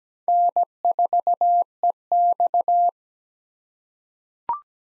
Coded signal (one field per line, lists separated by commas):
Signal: Morse code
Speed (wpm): 17 wpm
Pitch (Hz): 700 Hz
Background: none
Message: N4EX